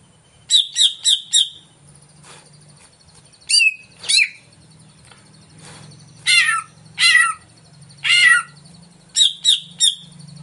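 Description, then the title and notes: Greater green leafbird song: a fast run of four bright ringing chips, then scattered sweeping whistles and rich slurred phrases, with a low steady hum underneath. Song of a singing-active (gacor) bird played as a lure (pancingan) to prompt a caged cucak ijo to sing when hung up. "Pancingan CUCAK IJO Mau Di Gantang. Cucak Ijo Gacor"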